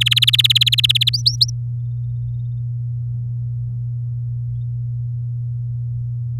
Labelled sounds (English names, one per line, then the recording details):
Domestic Canary song
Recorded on 8 May 2018 at 07:05
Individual llb16